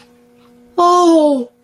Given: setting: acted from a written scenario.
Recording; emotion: vocal sound without words; awe